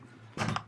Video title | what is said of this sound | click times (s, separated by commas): Czech vz. 52/57: The SKS We Have At Home | and it snaps into place. | 0.6 s